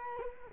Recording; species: mosquito wingbeat signal from an infrared sensor; Culex quinquefasciatus